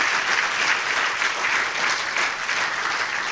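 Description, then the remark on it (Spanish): A church audience applauds steadily, giving a big round of applause to the Lord, a dense wash of many hands clapping at an even, loud level for the whole stretch, with no voices standing out. “¿Por qué no le damos un aplauso grande al Señor, hermano?”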